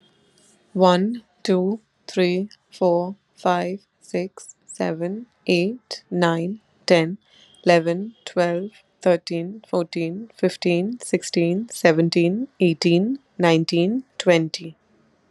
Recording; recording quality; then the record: counting at a normal pace; excellent, no background noise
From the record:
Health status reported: recovered from COVID-19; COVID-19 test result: negative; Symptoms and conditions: breathing difficulty, sore throat, fatigue, loss of smell and taste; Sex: female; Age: 30 years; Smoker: not ticked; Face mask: not worn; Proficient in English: yes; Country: India